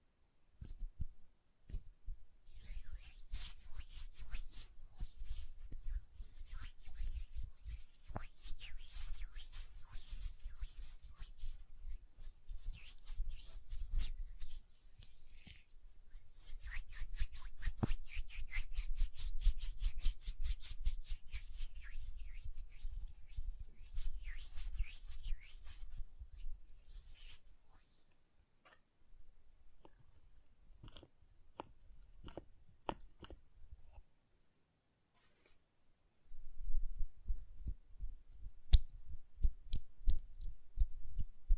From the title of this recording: ASMR Hand Sounds, Nail Tapping and Lotion Sounds